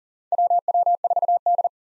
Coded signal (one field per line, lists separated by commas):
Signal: Morse code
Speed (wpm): 40 wpm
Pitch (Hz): 700 Hz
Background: none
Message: WW4D